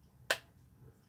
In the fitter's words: Yeah. Okay, so you have to turn it till it clicks.